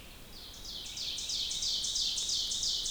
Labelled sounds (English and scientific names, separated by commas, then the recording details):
Ovenbird (Seiurus aurocapilla) song
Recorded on 2 June 2016 at 05:40
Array SBT-3-7